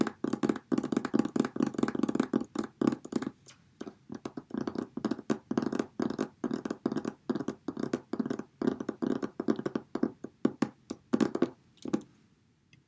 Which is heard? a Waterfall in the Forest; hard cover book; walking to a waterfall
hard cover book